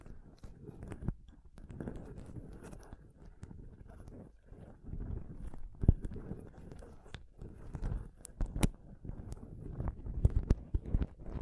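Close-up microphone scratching and touching, a dense, uneven rubbing that stays mostly low and muffled with brief gaps. Sharp bright clicks and taps cut through every second or so, strongest near six, eight and a half, and ten seconds.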